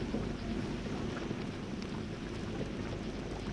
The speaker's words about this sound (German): Die ersten Hagelkörner. Sie prasseln herunter wie gefrorener Kies.